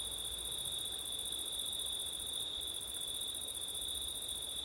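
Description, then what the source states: Crickets keep up a sustained, ringing high trill while a light wind hisses in the background. Crickets on a windy September night; ORTF stereo.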